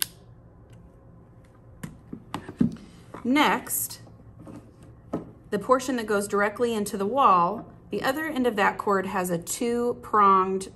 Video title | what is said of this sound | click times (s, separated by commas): How to use the WISAP Thermocoagulator | until it fits sometimes that requires you turning in different directions and you'll hear a snap | 0.0 s